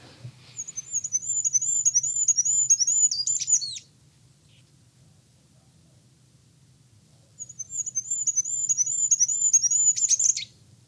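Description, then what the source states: Goldcrest song, a very high thin series of rapid cyclic notes ending in a quick flourish, sung twice with a pause between, over a faint low hum. Played back as a hearing test; very high-pitched song that older people often can no longer hear.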